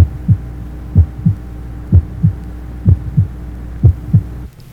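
Regular paired low thumps, lub then dub, at about 60 beats a minute, with quiet gaps between and a faint steady hum behind. Normal first and second heart sounds at the mitral area in a 25-year-old, with no added sounds or murmur.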